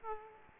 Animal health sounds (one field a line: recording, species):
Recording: mosquito wingbeat signal from an infrared sensor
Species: Aedes aegypti